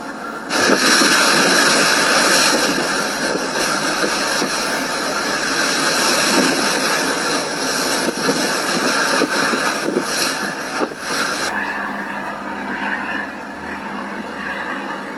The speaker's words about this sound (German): Griechische Küstenwache. Das ist ein Schnellboot mit Maskierten, was wohl irgendwie mit der griechischen Küstenwache zusammenhängt, was die Menschen attackiert.